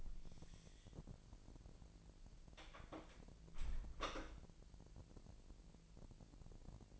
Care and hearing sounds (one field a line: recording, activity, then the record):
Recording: daily activity, microphone in the room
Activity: close door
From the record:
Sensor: 5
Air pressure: 1001.4 hPa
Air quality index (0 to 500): 248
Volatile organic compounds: 35 ppm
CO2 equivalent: 3066 ppm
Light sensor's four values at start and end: 37/87/35/34 and 38/87/35/34